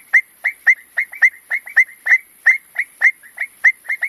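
Frog giving brisk clicking notes, some paired, in quick succession, with a thin constant hiss high above.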